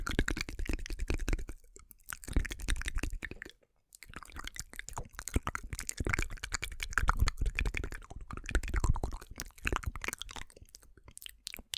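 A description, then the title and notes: Chewing gum with wet mouth sounds: dense, irregular clicks, smacks and crackles packed closely together throughout. The sound is bright and crisp, with a few short pauses near two and four seconds and a thinner stretch of scattered clicks at the end. EXTREME Inaudible MOUTH SOUNDS Chewing Gum.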